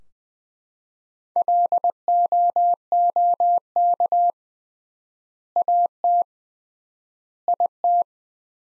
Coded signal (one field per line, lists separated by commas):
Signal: Morse code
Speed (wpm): 19 wpm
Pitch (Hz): 700 Hz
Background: none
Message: LOOK AT IT